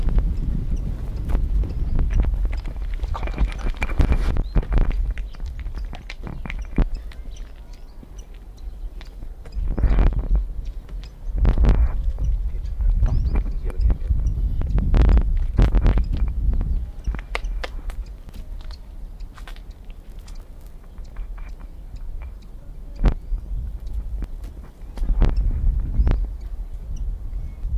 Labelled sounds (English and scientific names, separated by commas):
Canary Islands Chiffchaff (Phylloscopus canariensis) call